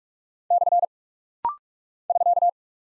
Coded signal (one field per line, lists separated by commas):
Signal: Morse code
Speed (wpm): 46 wpm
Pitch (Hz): 700 Hz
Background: none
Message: / <SK>